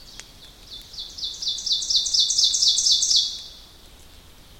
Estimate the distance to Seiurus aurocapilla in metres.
about 10 m